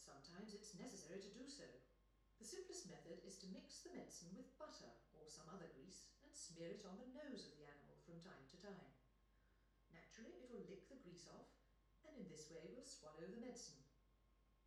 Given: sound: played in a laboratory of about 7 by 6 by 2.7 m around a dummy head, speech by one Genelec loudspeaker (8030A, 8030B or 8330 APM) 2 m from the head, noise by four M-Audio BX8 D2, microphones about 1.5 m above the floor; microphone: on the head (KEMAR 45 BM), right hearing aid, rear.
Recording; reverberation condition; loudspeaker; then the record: female speech in English; medium; 120 degrees to the left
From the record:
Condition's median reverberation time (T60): about 510 ms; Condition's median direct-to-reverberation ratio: about -0.5 dB